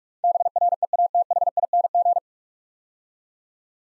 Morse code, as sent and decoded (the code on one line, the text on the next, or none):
-... .-. . .- - .... .. -. --.
BREATHING